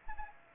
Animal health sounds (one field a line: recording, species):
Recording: mosquito wingbeat signal from an infrared sensor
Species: Anopheles arabiensis